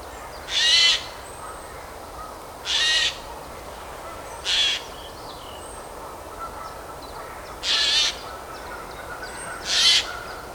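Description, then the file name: Eurasian jay repeating short, hoarse screeching calls, five in about ten seconds at uneven intervals, with faint background hiss. "Garrulus glandarius"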